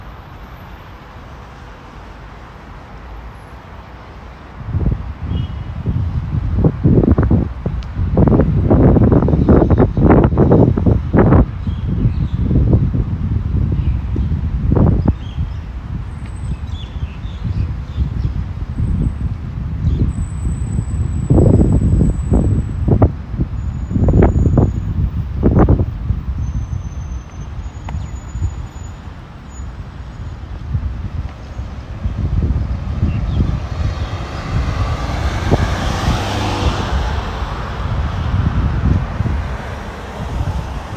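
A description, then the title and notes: A walk through Modiin, Israel: after a quiet opening, heavy low rumble sets in around five seconds, with clusters of sharp thumps and gusts between roughly 6–15 and 21–26 seconds. Near 35 seconds a brighter whooshing sound swells and fades, like a passing vehicle. Walking In Modiin, Israel.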